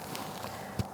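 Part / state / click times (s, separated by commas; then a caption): wheel speed sensor wiring connector into its mating harness plug / seated / 0.1 s. A wheel speed sensor wiring connector on a 2010-2013 Kia Soul is pushed by hand into its mating harness plug during a rear hub reinstall, and it clicks at 0.2 s. The click is short and sharp over faint background noise, followed by a heavier low thump near 0.8 s. The connector is seated and locked, to be secured next with a spring clip.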